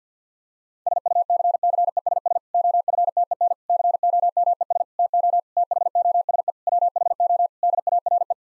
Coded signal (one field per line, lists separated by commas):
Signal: Morse code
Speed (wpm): 49 wpm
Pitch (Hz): 700 Hz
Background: none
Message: SUCCESS OFTEN COMES TO THOSE WHO DARE